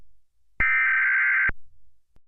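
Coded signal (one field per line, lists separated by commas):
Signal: Emergency Alert System (SAME) tones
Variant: header bursts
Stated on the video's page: Fictional EAS alert themed on a game character.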